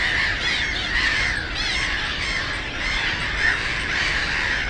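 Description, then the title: Black-headed gulls calling together, harsh nasal cries rising and falling in quick succession, with steady low background rumble. Post-coal-mining area turned nature complex, Frog Ponds (Żabie Doły), Bytom, Poland; ponds full of birds, black-headed gulls loudest; nearby DK79 road and railway noise. "Żabie Doły, Bytom, Polska - Black-headed gulls at Frog Ponds complex"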